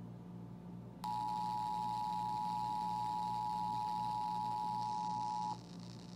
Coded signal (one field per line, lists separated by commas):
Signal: Emergency Alert System (SAME) tones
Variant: 853 and 960 Hz attention tone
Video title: IPAWS Required Weekly Test (9/13/21)